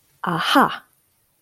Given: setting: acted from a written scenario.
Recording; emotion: vocal sound without words; realization